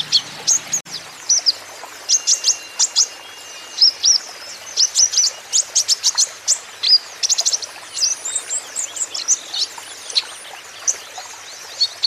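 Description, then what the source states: Van Hasselt's sunbird song: rapid, thin, high chips and short trills in quick bursts, with brief pauses between phrases. Steady continuous 'gacor' singing, a 'konin ijoan', used as a lure and as therapy to get untrained birds to answer back.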